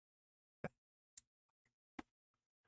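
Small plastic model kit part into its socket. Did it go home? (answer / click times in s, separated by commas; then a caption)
no / none. A small plastic model kit part for an Evangelion Unit-01 build is pressed toward its socket, giving a few light, sharp ticks around 0.6, 1.2 and 2.0 seconds with fainter taps between. The part has not snapped into place; nothing has seated or clicked yet.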